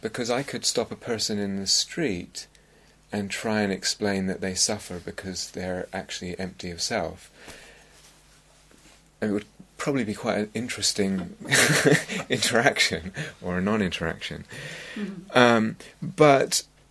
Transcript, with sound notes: Because I could stop a person in the street and try and explain that they suffer because they're actually empty of self. And it would probably be quite an interesting... [laughter] interaction, or a non-interaction. But